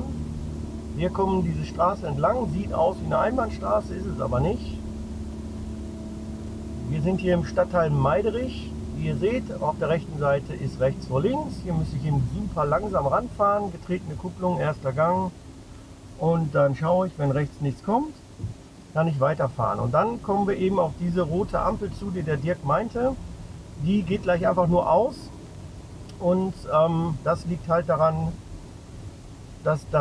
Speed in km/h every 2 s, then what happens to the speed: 18, 18, 18, 18, 16, 15, 13, 7, 2, 5, 10, 10, 10, 10, 9.
0-11 steady at about 18. 11-16 slows to 2. 16-20 pulls away to 10. 20-30 steady at about 10.